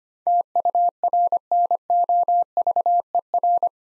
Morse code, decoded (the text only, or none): TURNOVER